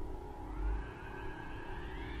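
A person roars up at the sky, a deep, sustained roar rumbling for about two seconds across a school campus, its low growl layered with steady droning overtones that hold at an even, fairly strong level without pausing.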